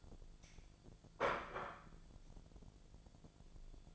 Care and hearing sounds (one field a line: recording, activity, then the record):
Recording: daily activity, microphone in the room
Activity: place plate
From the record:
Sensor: 5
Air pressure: 1009.5 hPa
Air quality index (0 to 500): 168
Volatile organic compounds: 4 ppm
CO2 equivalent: 1633 ppm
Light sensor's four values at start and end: 98/261/106/112 and 98/259/105/112